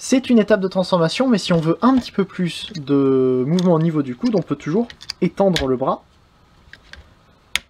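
Someone talks while straightening the plastic arm of a Transformers Titans Return Leader Sixshot robot toy at the elbow joint, extending it until it clicks into its extended position. After the talking stops around 6 s, two faint ticks sound at about 6.7 and 6.9 s, then a sharp, loud click at 7.6 s marks the elbow joint seating, though this final hit may partly be handling noise.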